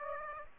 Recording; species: mosquito wingbeat signal from an infrared sensor; Aedes aegypti